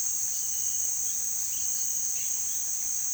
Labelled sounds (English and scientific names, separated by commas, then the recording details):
none
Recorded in pastures near Puerto Asís, Putumayo, Colombia, on 18 February 2024 at 17:30
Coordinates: 0.468, -76.328
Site G6414